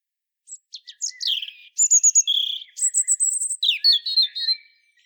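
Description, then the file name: European robin song: a long, varied phrase of very high, thin whistles, quick trills and fluty slurred notes, changing pitch from one part to the next. "Erithacus rubecula"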